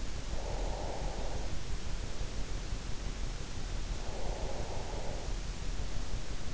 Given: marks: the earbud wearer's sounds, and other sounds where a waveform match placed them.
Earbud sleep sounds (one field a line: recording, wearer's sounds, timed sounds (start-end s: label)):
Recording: sounds in sleep by an in-ear microphone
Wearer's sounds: breath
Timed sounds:
0.51-1.90 s: breath
4.21-5.65 s: breath